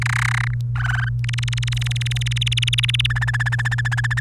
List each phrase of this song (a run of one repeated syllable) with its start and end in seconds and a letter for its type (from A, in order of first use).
0.02-0.54 A, 0.76-1.09 B, 1.24-3.06 C, 3.10-4.20 D